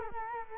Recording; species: mosquito wingbeat signal from an infrared sensor; Culex quinquefasciatus